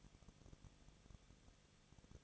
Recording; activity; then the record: daily activity, microphone in the room; no activity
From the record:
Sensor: 4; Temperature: 23.1 degrees Celsius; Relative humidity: 34.0%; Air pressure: 1007.1 hPa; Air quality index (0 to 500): 217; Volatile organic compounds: 15 ppm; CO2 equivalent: 2509 ppm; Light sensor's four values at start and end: 2/3/1/1 and 2/3/1/1